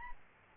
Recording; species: mosquito wingbeat signal from an infrared sensor; Aedes albopictus